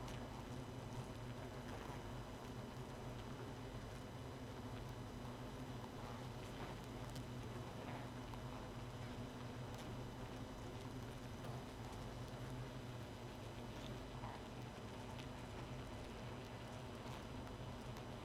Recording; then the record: honeybee colony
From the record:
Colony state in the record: missing queen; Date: 31 May 2018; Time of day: 1:21